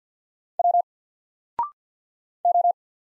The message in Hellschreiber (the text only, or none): none